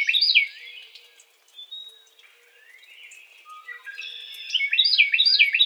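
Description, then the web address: Carolina wren song: a rapid burst of looping whistled phrases at the start and again at the end, with softer slurred notes and faint chips between. Recorded on 4 January 2007. "Carolina Wren 2007 01 04"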